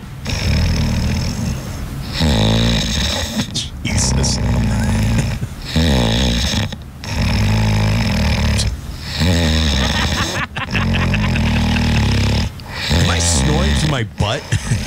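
Loud, very deep, rumbling snores from an adult man asleep, repeating every couple of seconds, typical of heavy snoring. He is told to put his mask on when he sleeps.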